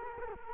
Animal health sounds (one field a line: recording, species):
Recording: mosquito wingbeat signal from an infrared sensor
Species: Culex quinquefasciatus